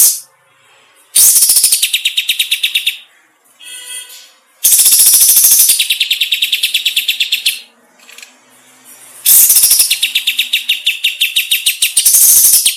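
Bulbul song in three loud bursts of rapid, repeated high chirps mixed with harsh rattling, separated by quieter pauses.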